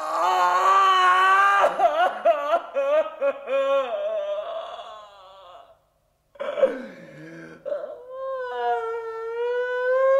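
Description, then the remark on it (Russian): A loud, wild man's howl of anguish in a city square as the big city wakes: long wailing cries that waver and bend in pitch, breaking off into a short silence before rising again into another drawn-out, quavering wail. “Крик его бешеный, страстный и дикий, крик, простреленный на вылет волчицей, вылетел на середину площади, метнулся под мост и, отталкиваемый отовсюду звуками просыпающегося большого города, стал глохнуть и в минуту затих.”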